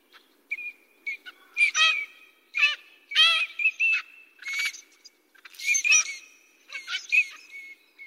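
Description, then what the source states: Eurasian teal calling with clear piping whistles and harsher chattering notes in uneven bursts throughout. Recorded at Miyaike pond, Kagawa Prefecture, Japan.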